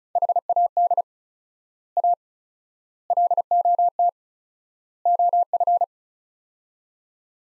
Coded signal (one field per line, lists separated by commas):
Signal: Morse code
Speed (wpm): 36 wpm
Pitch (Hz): 700 Hz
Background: none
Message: HAD A LOT OF